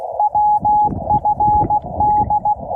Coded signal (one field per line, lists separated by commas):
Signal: Morse code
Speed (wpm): 16 wpm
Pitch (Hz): 840 Hz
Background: radio noise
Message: WFD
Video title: City of Rocks State Park, New Mexico - WINTER FIELD DAY!!!